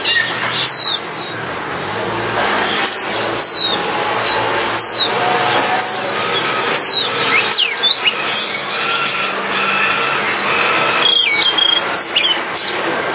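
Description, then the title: Java sparrow chirping: scattered high chirps and short slurred notes over continuous background hiss. "kicau gelatik"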